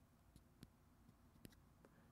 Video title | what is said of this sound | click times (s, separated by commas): It's V@pin' Time! - LIVE DynaVap M7 & M7 XL Sesh - Sneaky Pete's Reviews #livestream #canada #friday | do you hear that little click? Because essentially what that little click | 0.6 s, 1.4 s